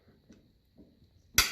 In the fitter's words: three clicks is brakes